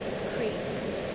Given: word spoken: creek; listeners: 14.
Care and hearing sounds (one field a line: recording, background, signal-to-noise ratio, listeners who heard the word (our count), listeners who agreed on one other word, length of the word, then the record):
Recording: one English word in noise, from a listening test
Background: speech-shaped noise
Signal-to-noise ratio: -5.3 dB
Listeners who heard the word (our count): 6 of 14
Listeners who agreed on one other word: 6 of 14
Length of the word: 0.75 s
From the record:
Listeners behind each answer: 6, 6, 1, 1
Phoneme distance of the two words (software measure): 10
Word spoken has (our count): 1 syllable, 4 phonemes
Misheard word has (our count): 1 syllable, 4 phonemes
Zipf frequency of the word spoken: 3.43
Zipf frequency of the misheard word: 3.72